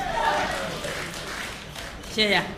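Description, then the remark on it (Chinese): Thin, scattered clapping from the audience at a Spring Festival quyi (folk performing arts) show at the Huguang Guild Hall in Beijing, a loose patter of claps mixed with voices and crowd murmur rather than full applause. “谢谢现场所有热情的观众，您这么稀稀拉拉的掌声，谢谢大家。”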